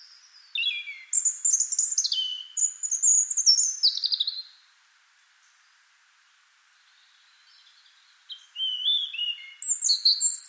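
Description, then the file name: European robin song in two phrases: high, tumbling whistles and descending trills, a pause of nearly four seconds, then another sweet, thin warbling phrase. "Erithacus rubecula"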